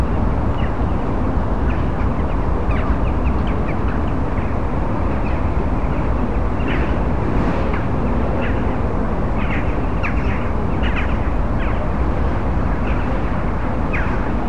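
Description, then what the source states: Jackdaws giving short, sharp chack calls, scattered and overlapping throughout, over a steady loud low rumble. A flock of jackdaws.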